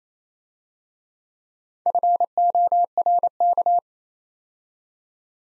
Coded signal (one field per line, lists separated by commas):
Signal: Morse code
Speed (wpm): 27 wpm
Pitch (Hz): 700 Hz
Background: none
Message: FORK